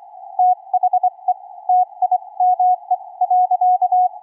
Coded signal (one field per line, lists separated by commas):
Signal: Morse code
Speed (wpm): 20 wpm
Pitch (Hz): 720 Hz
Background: none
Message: THE TIME.